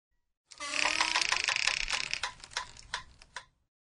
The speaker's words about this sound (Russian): Замок глухо щелкнул. И мистер Торби, вынув ключ, толкнул массивную дубовую дверь внутрь.